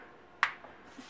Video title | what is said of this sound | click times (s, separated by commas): Samsung Galaxy S4 Case Review - Spigen Ultra Thin Air | it'll snap right in. | 0.4 s